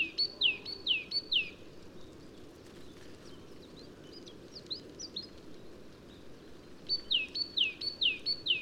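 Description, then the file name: Great tit calling in quick series of down-slurred whistles, a pause with faint high notes, then the series resumes. "Parus major"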